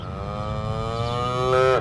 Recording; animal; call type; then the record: contact call of a hoofed animal; cattle; low-frequency (closed-mouth) or high-frequency (open-mouth) call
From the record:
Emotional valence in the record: negative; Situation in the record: full separation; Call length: 1.81 s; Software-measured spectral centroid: 1940 Hz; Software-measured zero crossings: 1390 a second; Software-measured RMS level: -23 dBFS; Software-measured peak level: -11 dBFS